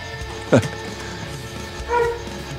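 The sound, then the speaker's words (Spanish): A dog barks twice in the background at the Casa del Rock, a sharp yelp followed a second and a half later by a longer, lower bark, over a steady low hum. “Y por ahí soy un perro de fondo, ya saben. Es parte del ambiente de acá, de la Casa del Rock.”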